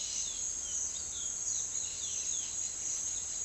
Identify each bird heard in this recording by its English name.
Chestnut-bellied Seed Finch, Cobalt-winged Parakeet